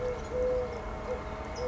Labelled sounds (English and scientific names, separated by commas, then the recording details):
Eurasian Collared Dove (Streptopelia decaocto)
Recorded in Sonoma County, California